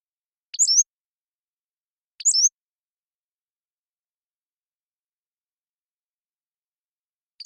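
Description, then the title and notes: Pacific-slope flycatcher giving two matching high, squeaky slurred song phrases about one and a half seconds apart, then a long pause before another begins at the end. Long song sequence recorded with a parabolic microphone. "Pacific-Slope Flycatcher, Empidonax difficilis A long song sequence"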